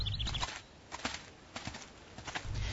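A donkey's hooves clip-clop in an uneven walking rhythm, a series of sharp, hollow knocks at moderate volume over a soft hiss, with a brief high bird-like chirp at the start.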